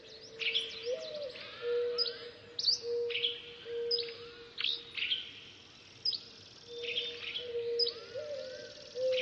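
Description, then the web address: High bird chirps and downswept calls arrive in uneven clusters, with a low humming tone throughout. "funny birds"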